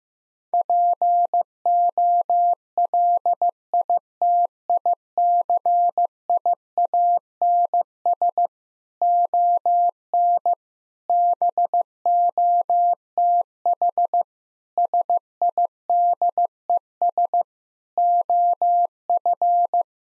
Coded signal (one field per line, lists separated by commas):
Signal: Morse code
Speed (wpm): 15 wpm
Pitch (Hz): 700 Hz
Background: none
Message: POLITICIANS ON BOTH SIDES OF